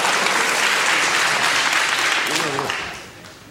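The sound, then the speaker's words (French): An audience claps at an evening devoted to Pierre Desproges, a dense, steady wash of applause that fades out toward the end, with a brief voice rising through it as it dies down. “J'ai vraiment horreur de ça. Pas d'applaudissements pour Pierre, donc.”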